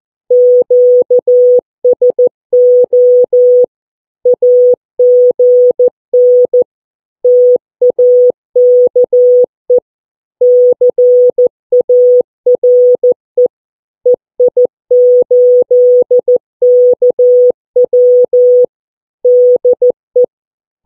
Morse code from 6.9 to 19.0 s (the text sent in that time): TAKE CARE EI8KW